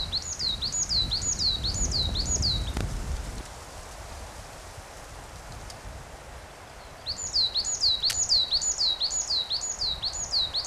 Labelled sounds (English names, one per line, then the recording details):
Coal Tit song
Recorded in the wild
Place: Oberstdorf, Bayern, DE
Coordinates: 47.3661, 10.3014
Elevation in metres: 922
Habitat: mountains
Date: 1985-04-05
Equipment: Uher 4000 Report
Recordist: Tretzel, Erwin